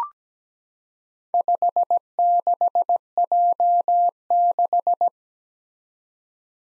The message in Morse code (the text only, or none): 56J6